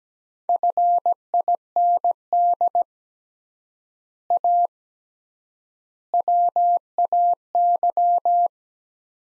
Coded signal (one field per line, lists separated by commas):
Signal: Morse code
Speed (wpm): 17 wpm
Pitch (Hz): 700 Hz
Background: none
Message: FIND A WAY